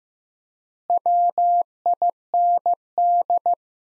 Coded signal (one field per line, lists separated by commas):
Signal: Morse code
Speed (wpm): 15 wpm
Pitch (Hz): 700 Hz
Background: none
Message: WIND